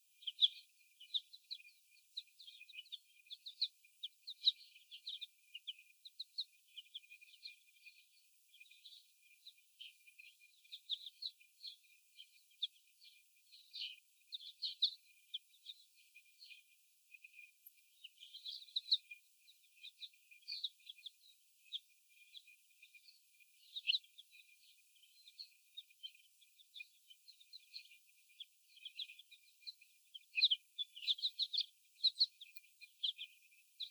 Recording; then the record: young laying hens in a cage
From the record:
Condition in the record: before the stressor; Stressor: sudden umbrella opening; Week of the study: 1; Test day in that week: 1